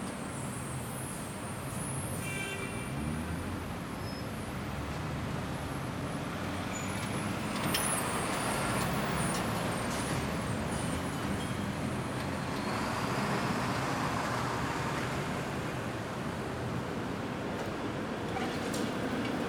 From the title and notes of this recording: Traffic White Noise.